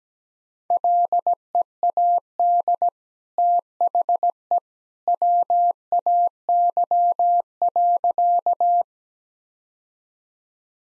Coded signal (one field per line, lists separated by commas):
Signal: Morse code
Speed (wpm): 17 wpm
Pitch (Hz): 700 Hz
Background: none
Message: LEAD THE WAY.